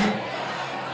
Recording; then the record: coughing mixed with background sound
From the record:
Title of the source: Man Coughing Sound - Wet Cough Sound Effect